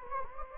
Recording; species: mosquito wingbeat signal from an infrared sensor; Anopheles gambiae